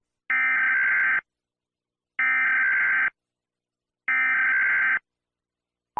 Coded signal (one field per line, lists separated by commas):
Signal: Emergency Alert System (SAME) tones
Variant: header bursts